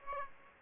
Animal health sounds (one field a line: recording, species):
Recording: mosquito wingbeat signal from an infrared sensor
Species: Aedes aegypti